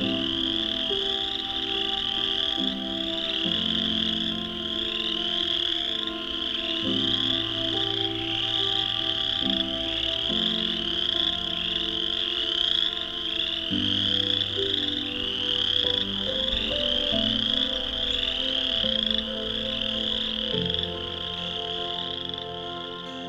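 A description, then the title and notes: An enormous chorus of chorus frogs fills the whole clip with a dense, unbroken trilling wall, bright and steady throughout. Underneath runs a low droning hum that steps to a new pitch every few seconds. Dusk spring walk through the Vinemount Swamp. Thousands, maybe tens of thousands, of chorus frogs.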